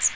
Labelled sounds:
Magnolia Warbler (Setophaga magnolia) flight call

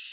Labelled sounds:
Hooded Warbler (Setophaga citrina) flight call

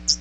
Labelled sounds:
Hooded Warbler (Setophaga citrina) flight call

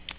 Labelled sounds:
Nashville Warbler (Leiothlypis ruficapilla) flight call

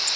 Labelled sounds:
Ovenbird (Seiurus aurocapilla) flight call

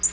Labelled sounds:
Black-throated Green Warbler (Setophaga virens) flight call

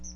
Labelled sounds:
Chestnut-sided Warbler (Setophaga pensylvanica) flight call

